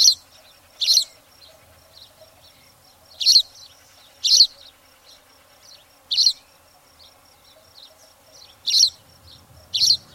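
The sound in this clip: Spanish sparrow uttering sharp, high single chirps at irregular intervals, sometimes two close together, against a quiet background.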